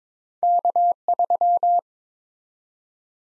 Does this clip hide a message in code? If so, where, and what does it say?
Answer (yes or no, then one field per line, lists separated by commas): yes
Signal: Morse code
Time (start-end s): 0.4-1.8 s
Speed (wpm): 21 wpm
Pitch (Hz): 700 Hz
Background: none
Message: K3